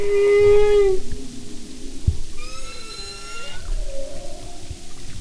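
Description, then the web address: Humpback whale song: a long steady tonal moan rich in harmonics, followed by a wavering rising-and-falling cry and a lower fading tone, over low underwater rumble. "Sound and Marine Mammals humpback"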